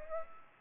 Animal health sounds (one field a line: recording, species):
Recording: mosquito wingbeat signal from an infrared sensor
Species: Aedes aegypti